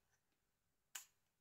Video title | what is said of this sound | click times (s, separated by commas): Nokia 6070 refurbish X2 | clicked in place for this to click in place | 1.0 s